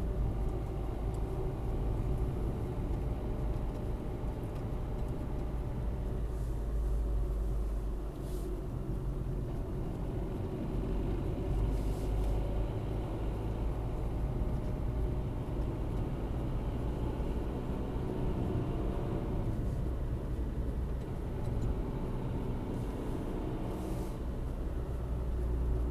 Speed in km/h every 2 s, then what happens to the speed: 41, 42, 39, 36, 33, 36, 41, 36, 48, 47, 45, 47, 42.
0-8 slows to 33. 8-11 speeds up to 41.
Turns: 11-21.